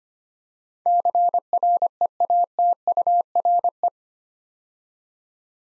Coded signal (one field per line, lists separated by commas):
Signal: Morse code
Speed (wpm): 25 wpm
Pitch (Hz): 700 Hz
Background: none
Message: CREATURE